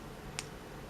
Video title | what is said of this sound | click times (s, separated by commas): Transformers Collector's Club 5.0 Fractyl and Scorponok Figures Review | peg that in and you can hear kind of snap in this | 0.4 s